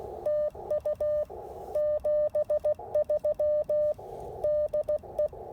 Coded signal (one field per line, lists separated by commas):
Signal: Morse code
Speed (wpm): 16 wpm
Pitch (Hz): 590 Hz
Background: none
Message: TU 73 DE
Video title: POTA Activation: NC Transportation Museum with the IC-705 and CHA MPAS Lite